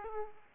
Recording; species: mosquito wingbeat signal from an infrared sensor; Aedes aegypti